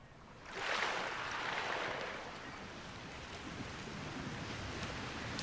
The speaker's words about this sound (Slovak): Toto je najväčšie more na svete.